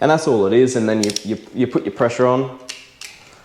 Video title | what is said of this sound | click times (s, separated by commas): Let's Talk Torque! - Car Car | and you wait until it gives you a little click yeah and then then you're home you're home and away and | 3.0 s